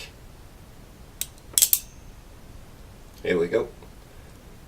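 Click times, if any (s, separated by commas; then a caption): 1.6 s, 1.7 s. A DDR4 laptop-style SO-DIMM RAM stick is pressed down into the memory slot of an Odroid H2 single-board computer until the metal side brackets snap over it. After a faint tick at 1.2 s, two sharp, bright clicks land at 1.6 s and 1.7 s, and then someone talks. The stick is fully seated and does not move when pulled.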